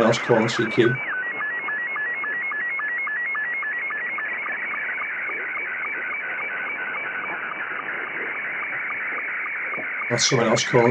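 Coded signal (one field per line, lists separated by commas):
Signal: SSTV (slow-scan television)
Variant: Scottie 2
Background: speech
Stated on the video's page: RTTY and SSTV sent on HF through the same soundcard audio path and radio settings used for FT8.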